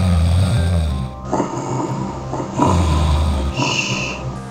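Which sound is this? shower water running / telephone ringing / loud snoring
loud snoring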